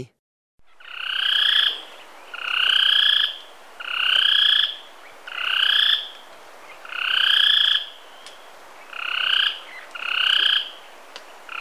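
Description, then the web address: Spillmann's tapaculo song: a series of buzzy, pulsed phrases about one second long, each with a low and a high band, repeated roughly every one and a half seconds. Ecuador. "Birds of Ecuador Spillmann's Tapaculo"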